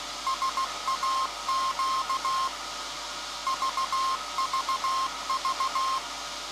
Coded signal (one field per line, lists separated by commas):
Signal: Morse code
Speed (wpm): 16 wpm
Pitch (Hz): 1060 Hz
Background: none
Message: SAQ VVV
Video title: SAQ Grimeton Transmission - World Radio Day, Feb 13th 2023